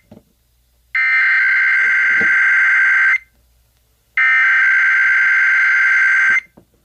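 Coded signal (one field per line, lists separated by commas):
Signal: Emergency Alert System (SAME) tones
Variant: header bursts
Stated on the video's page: Real Idaho Required Monthly Test received on FM stations via an alarm-clock radio and a Rolton radio.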